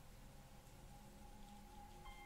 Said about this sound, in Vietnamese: Nằm một lúc lâu, lật ngang lật dọc, lắng tai nghe tiếng mưa.